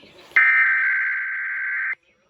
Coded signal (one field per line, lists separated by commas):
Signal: Emergency Alert System (SAME) tones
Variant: header bursts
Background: speech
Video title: KDKA RWT LATE AT 9:30!!!!! EAS 400-401!!!!!!!!!!!!!!!!!!!!!!!!!